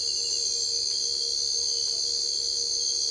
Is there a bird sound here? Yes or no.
no